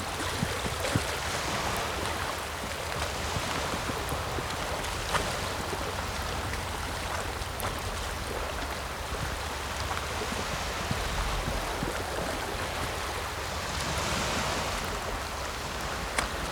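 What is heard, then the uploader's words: Tide water pulls through loose stones near Seward, Alaska, a steady dense wash with a constant low rumble underneath. Small knocks and hollow clacks pop up irregularly throughout, and a brighter hiss swells briefly around the fourteenth second. This was made with the Sony PCM-D50 near Seward, Alaska on a small island looking out at the ocean. The tide was pulling through a mess of stones that made this nice hollow clanging sound.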